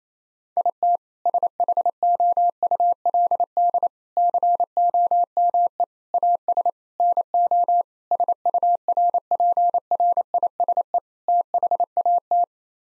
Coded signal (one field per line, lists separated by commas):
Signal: Morse code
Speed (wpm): 27 wpm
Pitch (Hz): 700 Hz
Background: none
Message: IT SHOULD COME AS NO SURPRISE THAT